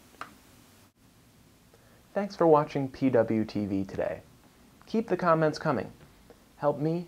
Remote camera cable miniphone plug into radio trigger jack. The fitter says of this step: You can hear a little click when it's in.